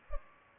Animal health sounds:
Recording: mosquito wingbeat signal from an infrared sensor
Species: Culex pipiens

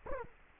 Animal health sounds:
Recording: mosquito wingbeat signal from an infrared sensor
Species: Culex quinquefasciatus

